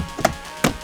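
After the screen cables are reconnected during a CarPlay and Android Auto install in an MX-5 ND, a plastic centre-console trim panel is pressed back into the dashboard. Two sharp clicks sound at about 0.3 s and 0.7 s as its clips snap in, and the panel is seated.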